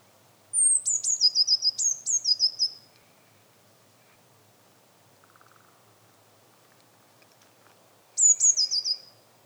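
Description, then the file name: Eurasian blue tit giving high, thin calls: descending sweeps breaking into quick stuttering notes for about two seconds, quiet for several seconds, then one more burst near the end. "Cyanistes caeruleus"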